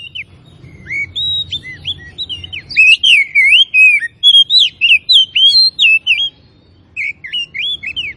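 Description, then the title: Oriental magpie-robin delivering a long, lively string of whistled notes, each slurred and inflected, building in loudness, with a short break near the end before more whistles. Labelled Tretes; described with the Indonesian bird-keeping term gacor, meaning singing actively. "Kacer Tretes Gacor"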